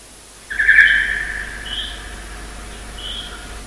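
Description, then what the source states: Bat social call, a sustained mid-pitched tonal note that fades, followed by two short higher chirps about one and a half seconds apart, over steady hiss. Social call, sing-songy; bats use such calls to seek a mate, signal distress, or let a pup and its mother find each other.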